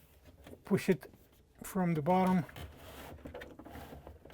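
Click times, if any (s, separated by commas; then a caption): 3.4 s. A plastic Whirlpool/KitchenAid/Maytag refrigerator ice maker assembly (WPW10300024) is pushed up from the bottom into its freezer compartment mounting while someone talks. After the talking, soft scuffing is followed by several short, sharp ticks, with the locking click at 3.4 s as the tab on the left side locks and the assembly seats.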